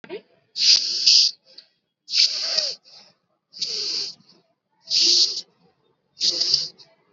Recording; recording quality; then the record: deep breathing; excellent, no background noise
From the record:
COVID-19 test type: RT-PCR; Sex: female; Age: 24 years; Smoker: no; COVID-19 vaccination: both doses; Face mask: worn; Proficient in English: yes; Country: India